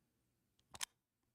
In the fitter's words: That's the click in.